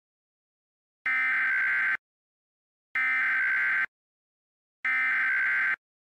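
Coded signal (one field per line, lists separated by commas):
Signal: Emergency Alert System (SAME) tones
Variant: header bursts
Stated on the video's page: Mock EAS Local Area Emergency alert, made on request.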